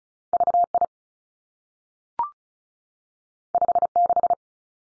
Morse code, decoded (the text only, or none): V I 5 6